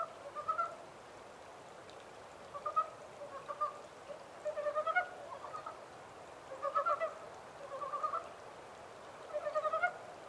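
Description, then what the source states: Japanese mountain brown frog calls: quick rattling clusters of a few pulses, repeated every second or two throughout over a quiet hiss. Recorded 14 April 2010 at 03:17.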